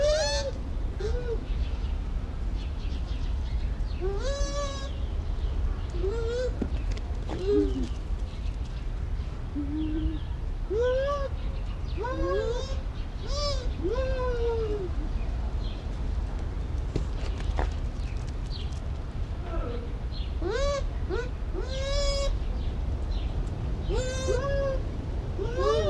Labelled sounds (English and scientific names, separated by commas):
Bush Dog (Speothos venaticus)